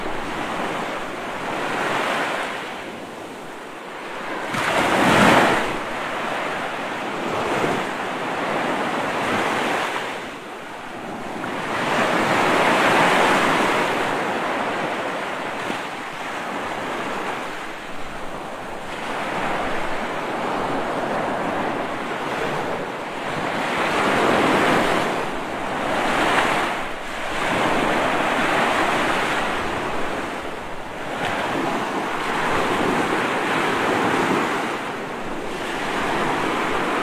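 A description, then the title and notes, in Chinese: Simulated ocean waves wash in steadily, rising and falling every few seconds, with a loud crashing surge near five seconds and a breathy hiss throughout. 模拟海浪声。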